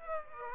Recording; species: mosquito wingbeat signal from an infrared sensor; Aedes aegypti